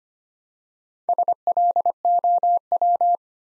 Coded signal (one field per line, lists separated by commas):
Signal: Morse code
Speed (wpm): 25 wpm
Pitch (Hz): 700 Hz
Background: none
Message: SLOW